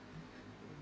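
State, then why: Not seated. A curved plastic part is being fitted onto an HG Gundam Exia model kit assembly, heard as a steady, low, noisy hum with faint handling and no distinct click. The part has not seated or clicked into place yet.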